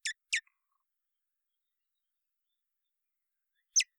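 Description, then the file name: Common blackbird calls: two quick sharp clicks, a long pause, then one more. "Turdus merula"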